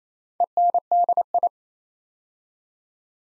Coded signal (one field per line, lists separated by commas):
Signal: Morse code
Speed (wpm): 27 wpm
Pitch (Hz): 700 Hz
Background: none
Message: ENDI